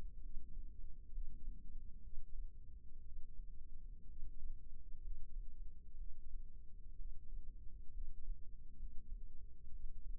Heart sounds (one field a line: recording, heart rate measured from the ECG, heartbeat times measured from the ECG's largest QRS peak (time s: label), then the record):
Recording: heart sounds by microphone in the left ear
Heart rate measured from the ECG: 63 bpm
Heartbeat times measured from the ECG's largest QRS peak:
0.22 s: heartbeat
1.14 s: heartbeat
2.03 s: heartbeat
3.04 s: heartbeat
4.09 s: heartbeat
5.03 s: heartbeat
5.99 s: heartbeat
6.97 s: heartbeat
7.94 s: heartbeat
8.78 s: heartbeat
9.72 s: heartbeat
From the record:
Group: healthy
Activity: rest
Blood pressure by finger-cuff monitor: 91/59 mmHg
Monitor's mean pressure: 72 mmHg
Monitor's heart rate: 63 bpm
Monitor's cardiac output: 5.5 L/min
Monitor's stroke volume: 88 mL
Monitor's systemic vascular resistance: 930 dyn s/cm5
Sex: male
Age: 22 years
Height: 181 cm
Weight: 79 kg